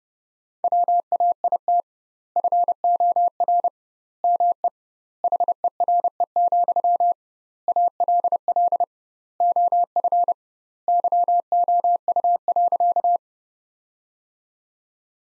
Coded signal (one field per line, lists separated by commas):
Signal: Morse code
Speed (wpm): 30 wpm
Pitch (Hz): 700 Hz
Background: none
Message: WAIT FOR ME HERE, ALL OF YOU.